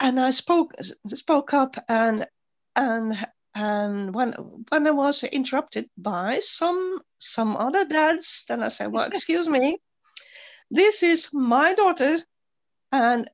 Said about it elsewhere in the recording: So I really spoke up and I stuttered. I'm not just a person who stutters.